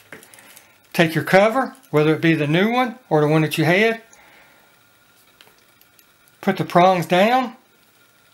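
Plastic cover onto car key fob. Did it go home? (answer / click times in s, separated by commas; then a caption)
no / none. Someone talks while handling the plastic cover of a Gen 5 Camaro laser-cut key fob, positioning it prongs down before pressing it back onto the fob. Faint handling taps are heard near the start and again around 5.4 to 6.3 seconds. Nothing has snapped or seated yet.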